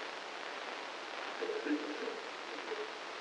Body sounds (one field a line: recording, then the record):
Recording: brain microelectrode recording played as sound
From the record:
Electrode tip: inside the subthalamic nucleus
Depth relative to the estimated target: 1 mm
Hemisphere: left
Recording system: NeuroSet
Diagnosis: Parkinson's disease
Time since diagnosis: 9 years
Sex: male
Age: 56 years